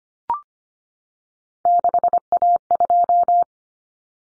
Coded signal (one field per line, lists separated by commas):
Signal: Morse code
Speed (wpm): 25 wpm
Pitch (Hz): 700 Hz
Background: none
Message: 6A2